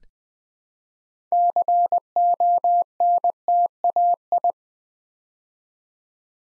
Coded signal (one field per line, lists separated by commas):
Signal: Morse code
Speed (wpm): 20 wpm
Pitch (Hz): 700 Hz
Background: none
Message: CONTAI